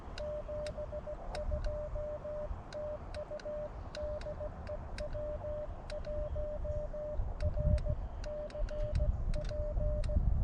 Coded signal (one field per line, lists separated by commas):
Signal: Morse code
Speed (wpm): 17 wpm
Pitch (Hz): 600 Hz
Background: none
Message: 72 TU DE W1RCP